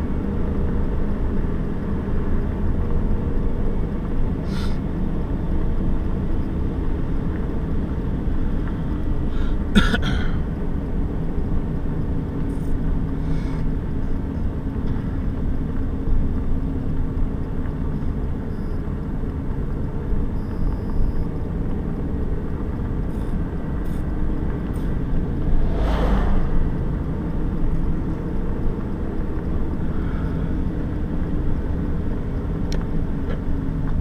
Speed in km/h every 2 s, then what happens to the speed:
42, 41, 39, 38, 35, 33, 33, 32, 31, 31, 34, 36, 36, 37, 37, 36, 33.
0-16 slows to 31. 16-26 speeds up to 37. 26-34 steady at about 36.